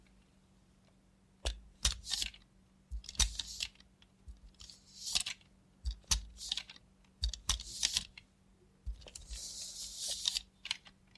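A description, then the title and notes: A robot hand makes sharp, clicking taps at irregular intervals, a few each second after a quiet opening second. Between taps come short bursts of bright, hissy scraping, the longest near the end. A faint, steady low hum runs underneath throughout. Try ASMR with a Robot Hand (No Talking).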